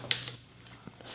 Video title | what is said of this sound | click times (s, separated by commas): 3 Upgrades I Made To My Surron Ultra Bee | Snap that in, and then we've got this plug here. | 0.1 s